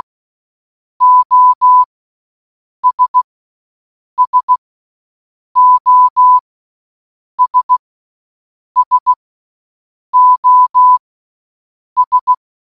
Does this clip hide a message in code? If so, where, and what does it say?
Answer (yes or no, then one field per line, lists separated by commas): yes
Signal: Morse code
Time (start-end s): 1.0-12.3 s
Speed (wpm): 16 wpm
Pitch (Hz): 1000 Hz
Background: none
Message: OS SOS SOS